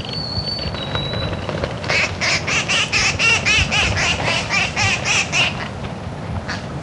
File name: Ampelion rubrocristatus - Red-crested Cotinga